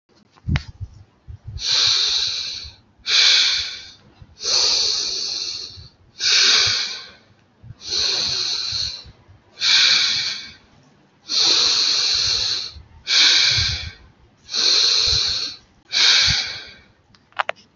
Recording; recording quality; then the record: deep breathing; excellent, no background noise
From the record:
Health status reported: healthy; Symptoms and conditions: none ticked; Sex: female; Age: 23 years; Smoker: not ticked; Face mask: not worn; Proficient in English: yes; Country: India